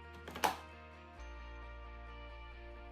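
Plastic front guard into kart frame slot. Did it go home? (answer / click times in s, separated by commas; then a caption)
yes / 0.4 s. The base of a plastic front guard is lined up with a slot on the front of a 24V Hyper Drift Kart ride-on's frame and pushed in. Two small knocks lead up to a sharp click at 0.4 s as the guard seats, over steady background music with no talking.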